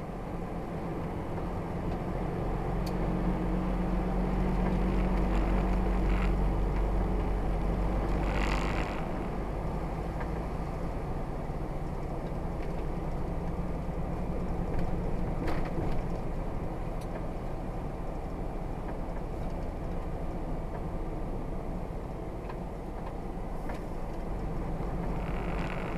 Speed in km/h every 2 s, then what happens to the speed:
27, 29, 29, 32, 35, 37, 40, 39, 39, 35, 31, 32, 34.
0-5 steady at about 29. 5-11 speeds up to 40. 11-17 steady at about 39. 17-20 slows to 31. 20-26 steady at about 32.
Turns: 17-26.